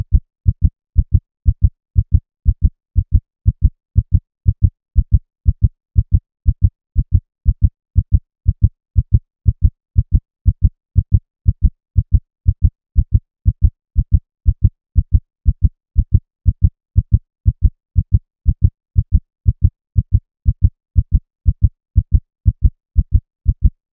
Heartbeat 120bpm.